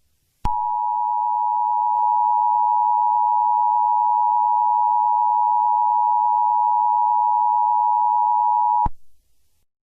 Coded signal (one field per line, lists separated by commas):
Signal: Emergency Alert System (SAME) tones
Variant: 853 and 960 Hz attention tone